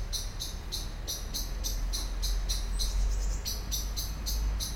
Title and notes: cologne, lütticherstrasse, amsel. amsel aufgeregt schimpfend fliegt von baum zu baum, im hintergrund fahrradfahrer und fussgänger auf dem bürgersteig, morgens